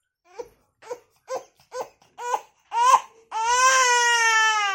Little baby crying sound.